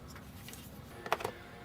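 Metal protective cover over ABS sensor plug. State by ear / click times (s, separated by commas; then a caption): seated / 1.1 s. A metal protective bracket cover with a bent-up tab is snapped over the rear ABS speed sensor plug on a 1998 Dodge Ram 1500, onto the small tab on the front of the sensor. Faint ticks come at 0.5 s, then a sharp snap sounds at 1.1 s and a lighter one follows at 1.3 s. The cover is seated.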